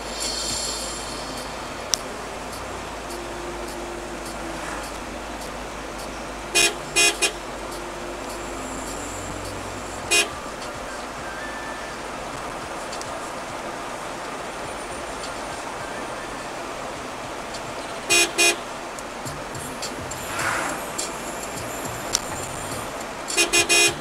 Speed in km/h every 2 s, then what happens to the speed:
56, 55, 53, 53, 57, 58, 61, 62, 64, 62, 61, 60.
0-6 steady at about 53. 6-15 speeds up to 64.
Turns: none.